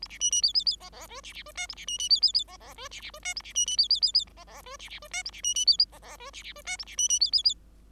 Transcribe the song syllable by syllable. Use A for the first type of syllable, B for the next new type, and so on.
A B C C D D D E E F B B F G A B C C D D D E E F B B F G A B C C D D D D E E F B B F G A B C C D E E F B B F G A B C C D D D